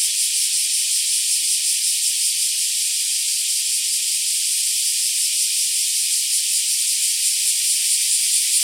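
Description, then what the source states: Black cicadas droning in an unbroken shrill hiss, loudness holding even the whole time. Several black cicadas calling together.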